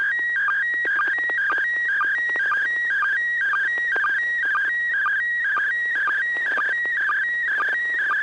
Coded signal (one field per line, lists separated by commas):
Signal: SSTV (slow-scan television)